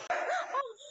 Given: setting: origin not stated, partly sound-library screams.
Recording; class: one-second piece from a danger detection set; woman in danger